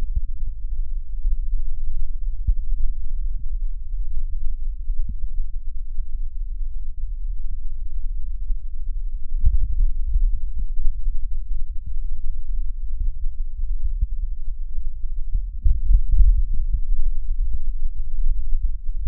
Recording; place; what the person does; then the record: lung sounds by stethoscope; left posterior basal chest; quiet breathing, then deep breathing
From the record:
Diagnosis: COPD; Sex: female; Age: 65 years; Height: 156 cm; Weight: 63.9 kg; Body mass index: 26.3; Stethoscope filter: bell mode